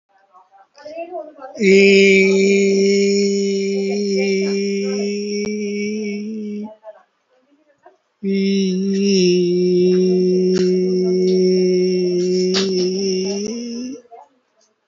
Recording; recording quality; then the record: sustained vowel as in beet; moderate, slight background noise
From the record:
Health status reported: COVID-19 positive, moderate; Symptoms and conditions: breathing difficulty, fever, loss of smell and taste, hypertension, diabetes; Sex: male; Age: 57 years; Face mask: worn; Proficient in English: yes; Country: India